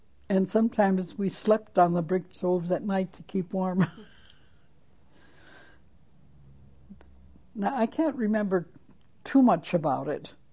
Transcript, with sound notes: and sometimes we slept on the brick stoves at night to keep warm. (She laughs.) Now, I can't remember too much about it,